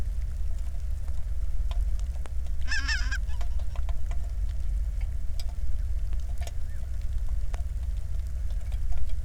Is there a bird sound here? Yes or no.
yes